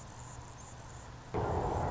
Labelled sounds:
Anna's Hummingbird

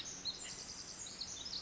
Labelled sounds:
Pacific Wren

